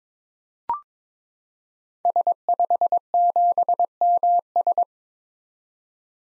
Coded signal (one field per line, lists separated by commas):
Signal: Morse code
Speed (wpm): 22 wpm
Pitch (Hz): 700 Hz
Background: none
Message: S57MS